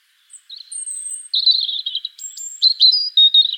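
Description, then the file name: European robin song, a high thin whistle followed by rapid warbled trills and sweet high notes wavering between phrases, clean and quiet background. "Erithacus rubecula"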